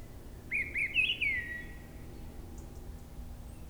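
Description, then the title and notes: Mistle thrush singing one clear phrase of several fluty whistled notes, followed by quiet with a low steady rumble underneath. Singing perched high in a treetop at a forest edge, Brison-Saint-Innocent, France; Sunday, grey weather, 10°C; a quieter moment lets the bird be heard alone. "Brison-Saint-Innocent, France - Grive draine. En lisière de la forêt une grive draine chante haut perchée à la cime d'un arbre, beaucoup de passages d'avions avec l'aéroport proche un dimanche , il y a quand même un moment plus calme pour l'entendre seule, le temps est gris 10°"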